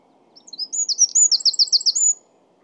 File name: Troglodytes troglodytes